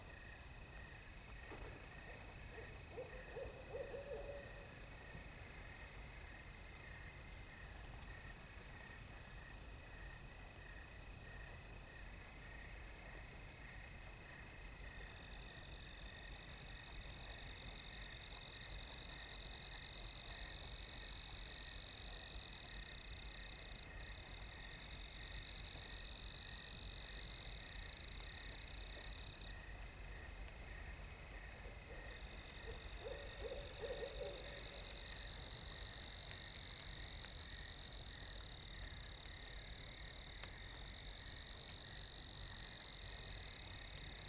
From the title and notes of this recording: A few sounds are subtle and some distance away from the recording gear. Location: Leelanau County, Michigan, USA.